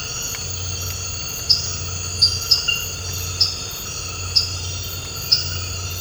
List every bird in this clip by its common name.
none